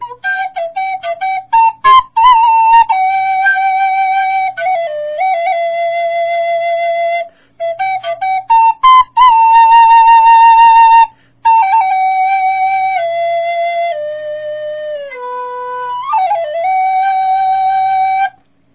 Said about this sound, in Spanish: Es también una versión de la misma flauta, pero... que tiene un sonido mucho, un timbre más agudo, ¿no?